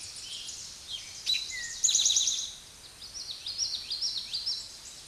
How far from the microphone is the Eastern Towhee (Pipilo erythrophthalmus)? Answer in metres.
about 5 m